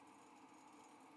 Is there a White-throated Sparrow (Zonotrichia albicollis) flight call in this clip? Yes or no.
no